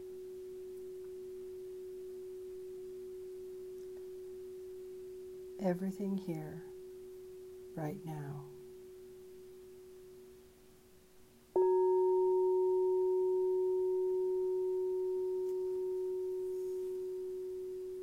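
A singing bowl hums on one steady pure tone that slowly fades. Two brief wavering voice-like sounds break in around six and eight seconds. Near eleven seconds the bowl is struck again, ringing louder with a second higher tone that holds to the end.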